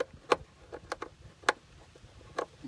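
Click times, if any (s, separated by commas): none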